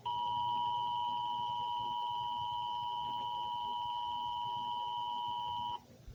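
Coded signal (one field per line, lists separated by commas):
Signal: Emergency Alert System (SAME) tones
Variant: 853 and 960 Hz attention tone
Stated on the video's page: Fictional EAS scenario, not a real alert.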